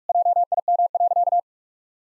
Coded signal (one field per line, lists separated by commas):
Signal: Morse code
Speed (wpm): 41 wpm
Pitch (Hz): 700 Hz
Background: none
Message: JIM.